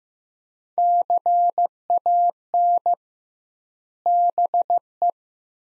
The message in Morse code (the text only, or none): CAN BE